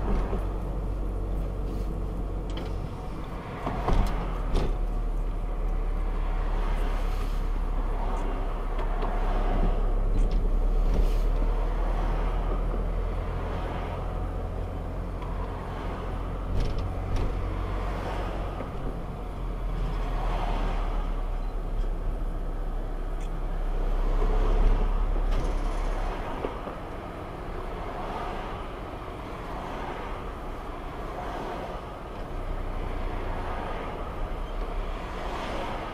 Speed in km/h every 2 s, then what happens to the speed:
20, 20, 16, 15, 15, 16, 19, 20, 20, 18, 14, 14, 15, 14, 12, 11, 11, 11.
0-36 slows to 11.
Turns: none.